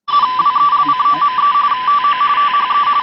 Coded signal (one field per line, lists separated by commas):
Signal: RTTY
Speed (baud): 45.45 baud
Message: ZWELCOME TO THE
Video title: DX3L and FDCCU in Cooperated with NTC 3 Digital Radio Seminar Feb 13, 2021